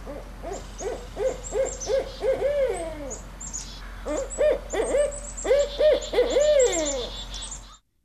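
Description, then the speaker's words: Barred Owl hooting: loud wavering hoots, some sliding downward, given in two excited bursts with a short pause between, then silence. Call often rendered as 'who cooks for you all'; described as a bigger, more aggressive owl. "I want to listen to some barred owl sound here."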